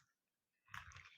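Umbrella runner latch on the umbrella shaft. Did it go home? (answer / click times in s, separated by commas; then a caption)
yes / 0.8 s. A compact folding umbrella is opened and its runner is pushed up the metal and plastic shaft until the latch locks it in the open position. After a quiet stretch, a short rustling burst begins, and a sharp click at 0.8 s marks the runner latch catching and locking open.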